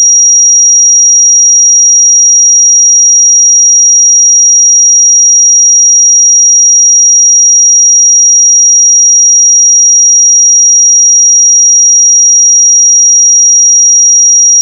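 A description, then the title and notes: A pure sine tone at 5710 Hz holds perfectly steady for the full fifteen seconds, a single thin, piercing high whistle. Its loudness never wavers, and there are no other sounds, breaks or background noise, just the one unbroken pitch. 5710 Hz 1 Hz Interval Sine Pure Tone Frequency 441000 Sample Mono.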